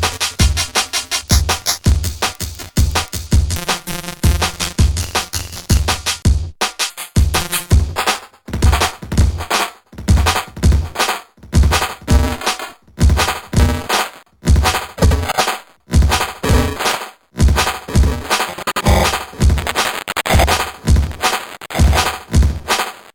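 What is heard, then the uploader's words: Drum hits run through a circuit-bent delay, first as rapid stuttering repeats, then a choppy, regular beat with sharp cuts and gaps after seven seconds. A demo of a zoom 1202 effects unit with reclocking knob and RAM decimation switch matrix. Certain switch combinations cause the circuit bent delay effects to be frozen and looped. This demo shows the effect on individual drum sounds and then on a simple drum pattern.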